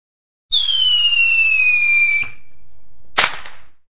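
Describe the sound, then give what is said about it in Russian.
A red signal flare rocket launches and rises about 70 metres into the sky as a bright ball, with a loud, steady whistle that slowly falls in pitch, then a sharp crack, followed by a hiss and a second bright pop before fading out. “Так, к черту тишину, ракету давай, красную.”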